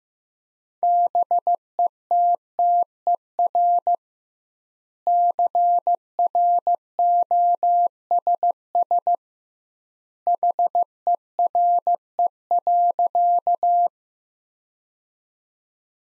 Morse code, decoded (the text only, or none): BETTER CROSS HERE.